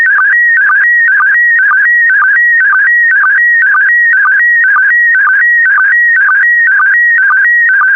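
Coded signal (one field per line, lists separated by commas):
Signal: SSTV (slow-scan television)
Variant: PD120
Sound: warbling electronic tone with rhythmic chirps about twice a second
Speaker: complete you can now check your decoded image against the picture that is shown on the video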